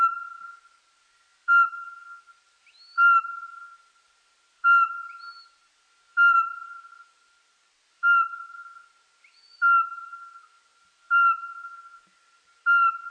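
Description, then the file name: Eurasian pygmy owl repeating a monotonous whistled note about every 1.5 seconds, clear and evenly spaced. "soweczka"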